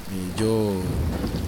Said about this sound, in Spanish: Con esta tormenta no se escucha ni se ve nada.